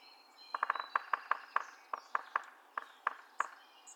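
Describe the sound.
Yellow-bellied Sapsucker drumming: a quick burst of taps that breaks into slower, uneven knocks over about three seconds.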